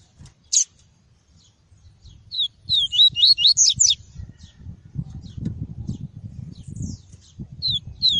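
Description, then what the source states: Double-collared seedeater song: a fast jumble of high, sweeping chirps and twitters, with a few scattered single notes and low background rumble. "Tui-tui" song variety.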